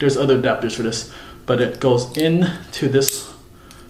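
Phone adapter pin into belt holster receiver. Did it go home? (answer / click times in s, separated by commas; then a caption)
yes / 3.7 s. A small pin adapter for a cellphone is pushed into a plastic and metal belt holster receiver while someone talks. A single short tick is heard at 3.7 s as the pin locks into the holster slot and seats in place.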